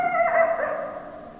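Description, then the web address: Coyote howl, a single clear wailing note that holds steady, then drops and fades, with strong harmonics. Recorded 10 December 2012; several coyotes. "sounds mammals Coyote 2012 12 10 Coyotes"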